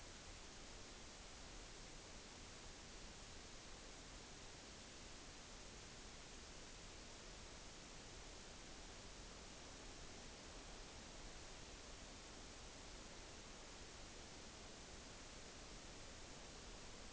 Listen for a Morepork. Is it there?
no